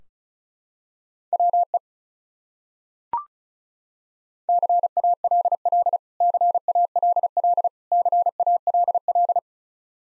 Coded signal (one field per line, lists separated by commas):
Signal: Morse code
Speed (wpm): 36 wpm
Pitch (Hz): 700 Hz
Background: none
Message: WE CALL CALL CALL